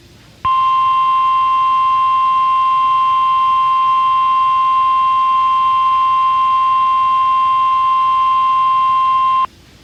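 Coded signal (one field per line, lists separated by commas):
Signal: Emergency Alert System (SAME) tones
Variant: 1050 Hz attention tone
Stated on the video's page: Received by direct audio from a NOAA Weather Radio station, flash flood warnings.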